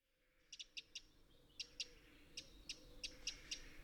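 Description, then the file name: Eurasian wren calls: a series of short hard clicks, irregularly spaced, over soft background hiss. "Troglodytes troglodytes"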